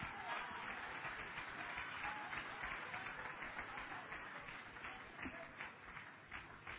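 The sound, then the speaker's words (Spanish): A church audience bursts into sustained applause for the Lamb during a sermon, a dense, hissy wash of many hands clapping at once that holds steady for several seconds before easing slightly toward the end. “Dele un aplauso al Cordero.”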